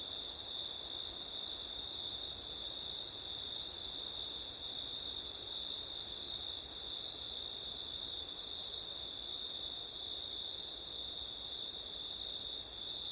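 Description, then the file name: Uniform, high cricket trilling runs without pause through the whole stretch, with faint low rustle beneath. Crickets on a September night, with wind; ORTF microphone setup. "crickets wind september night ortif"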